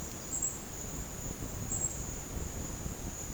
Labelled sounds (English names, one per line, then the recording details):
none
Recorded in pastures near Puerto Asís, Putumayo, Colombia, on 22 June 2025 at 12:30
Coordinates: 0.496, -76.326
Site GP01